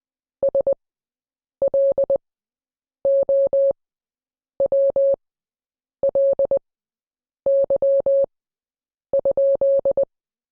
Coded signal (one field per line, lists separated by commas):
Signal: Morse code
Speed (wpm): 20 wpm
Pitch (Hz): 550 Hz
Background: none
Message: SLOWLY?